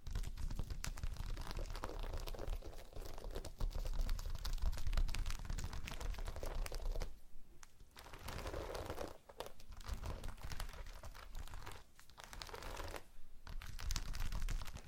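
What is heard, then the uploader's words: Slime is squished and stretched, producing dense wet crackling and popping, with brief quiet pauses around seven, nine and thirteen seconds. ASMR SLIME No Talking Satisfying slime Sounds.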